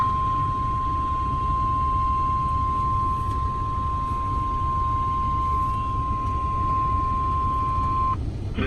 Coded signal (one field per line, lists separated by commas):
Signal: Emergency Alert System (SAME) tones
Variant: 1050 Hz attention tone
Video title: NOAA All Hazards Radio EAS Compilation (7/31/19)